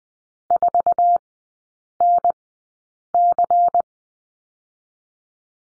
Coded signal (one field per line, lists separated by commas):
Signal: Morse code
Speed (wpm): 20 wpm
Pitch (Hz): 700 Hz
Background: none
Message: 4NC